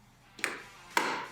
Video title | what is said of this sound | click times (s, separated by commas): Yakima LockNLoad Platform Roof Rack Installation on a Subaru Crosstrek | And those just snap back on. | 0.4 s, 1.0 s